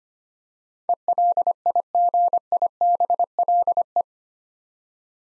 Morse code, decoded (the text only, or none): ELIGIBLE